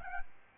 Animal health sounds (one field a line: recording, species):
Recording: mosquito wingbeat signal from an infrared sensor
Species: Aedes albopictus